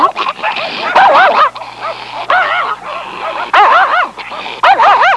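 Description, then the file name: Dog producing repeated high yips and whimpering whines in irregular bursts, roughly once every second or two, with warbling pitch. "cani dog"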